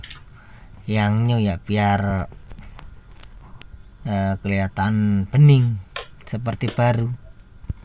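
A new clear plastic speedometer cover is handled at a motorcycle speedometer housing while someone talks, with a few faint ticks and light handling noises between the phrases. Nothing has seated or clicked yet; the cover is not yet snapped into the housing.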